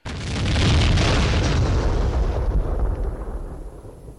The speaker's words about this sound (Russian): Близкая вспышка, привет от Унтера, и взрыв пироксилиновой шашки почти одновременно ударили и по ушам, и по глазам, а по спине простучали небольшие комочки земли. Следом, как эхо, бухнул второй взрыв.